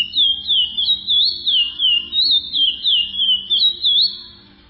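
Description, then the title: Chestnut-bellied seed finch giving a rolling series of clear whistled phrases that rise and fall, trailing off into quiet at the close. "Canto De Curio"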